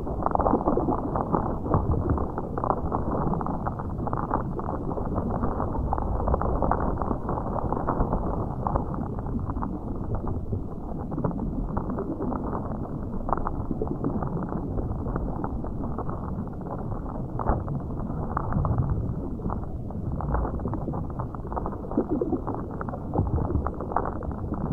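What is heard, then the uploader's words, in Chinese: Underwater sound from the seabed: a dense, steady low rumble fills the whole recording, muffled with nothing bright above it. Countless small clicks and crackles pop through it constantly, with a few louder knocks scattered throughout, like movement in the water. 带你聆听海底的声音。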